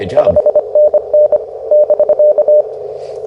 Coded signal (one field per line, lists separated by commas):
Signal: Morse code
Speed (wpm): 23 wpm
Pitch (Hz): 600 Hz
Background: speech, radio noise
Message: 5NN <BK>